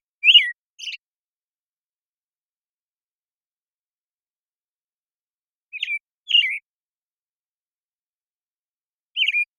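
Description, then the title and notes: American Robin song in short bursts: two notes, a long pause, two more whistled notes, and another after a gap. Morning song, very long sequence, Pacific Northwest, Washington, United States; parabolic recording, processed clean for clarity with natural pacing and rhythm maintained. "American Robin Morning Song. American Robin, Turdus migratorius, morning song, very long sequence, parabolic recording. Recorded in the beautiful Pacific Northwest, Washington, United States"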